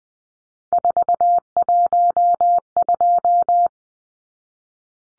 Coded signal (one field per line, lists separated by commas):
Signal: Morse code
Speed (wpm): 20 wpm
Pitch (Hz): 700 Hz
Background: none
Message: 412